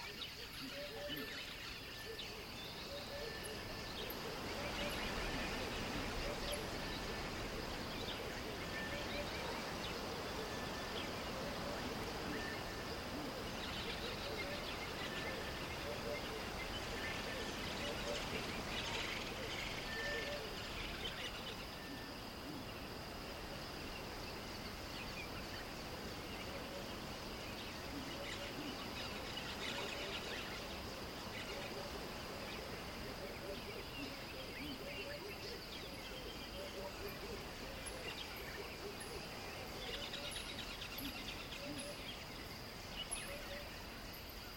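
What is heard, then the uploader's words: Exotic birds chirp in short, bright bursts over a steady, dense wash of river and animal sound that holds nearly level for the whole stretch. A low rumbling bed runs underneath, swelling slightly around the five-second mark and again near thirty seconds. Imagine yourself in a small boat, gliding along a wide river that winds through a land teeming with wild animals.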